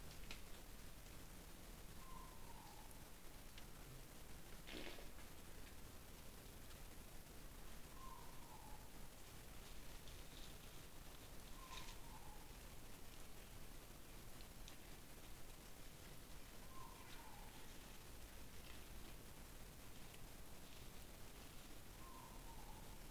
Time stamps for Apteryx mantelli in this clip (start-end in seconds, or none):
none